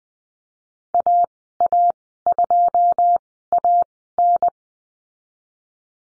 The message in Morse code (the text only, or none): AA2AN